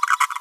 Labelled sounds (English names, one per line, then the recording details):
Green-rumped Parrotlet babbling
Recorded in a nest box in Venezuela
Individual 18B25A5